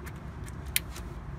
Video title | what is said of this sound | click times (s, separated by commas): How To Remove / Replace Temperature Sensor Engine Coolant Switch 2003-2007 Honda Accord - DIY Guide | sure it clicks so that means it indicates that it's locked on | 0.8 s